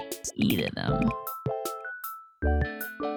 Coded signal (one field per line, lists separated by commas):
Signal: none